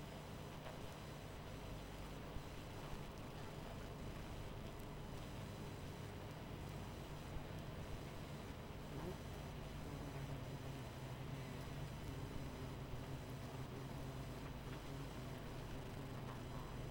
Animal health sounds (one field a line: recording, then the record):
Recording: honeybee colony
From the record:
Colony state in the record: missing queen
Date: 14 July 2017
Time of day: 21:49